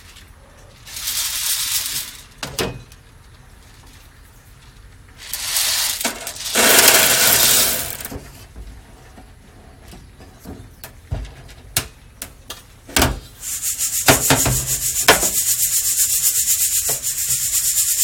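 Guatemalan SHB coffee beans roasting, with bursts of rushing hiss, scattered sharp cracks and clicks, then a steady bright hiss from about thirteen seconds.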